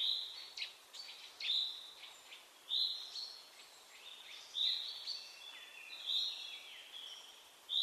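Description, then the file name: Common chaffinch calls, short sharp high notes repeated irregularly over a steady faint hiss. "Fringilla coelebs"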